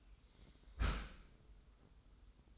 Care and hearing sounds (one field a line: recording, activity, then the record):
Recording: daily activity, microphone in the room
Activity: close dishwasher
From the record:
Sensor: 3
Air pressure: 990.4 hPa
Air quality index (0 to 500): 193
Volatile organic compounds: 1000 ppm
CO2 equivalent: 6305 ppm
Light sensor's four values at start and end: 34/81/33/31 and 34/81/33/31